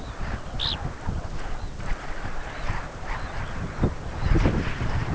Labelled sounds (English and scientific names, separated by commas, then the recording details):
Red Phalarope (Phalaropus fulicarius)
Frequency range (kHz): Red Phalarope (Phalaropus fulicarius) 2.4-5.7 kHz
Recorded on Arctic tundra, site UTQI-5, on 12 June 2019
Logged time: 08:00